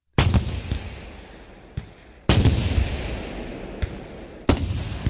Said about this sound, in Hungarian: Amikor bevágtattak a várudvarra, megszólaltak a falakon az újlakiak ágyúi.